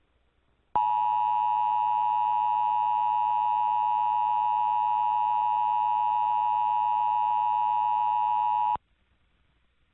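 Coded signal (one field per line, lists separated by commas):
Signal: Emergency Alert System (SAME) tones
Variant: 853 and 960 Hz attention tone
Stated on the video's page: Fictional EAS scenario of a missile attack, not for over-the-air play.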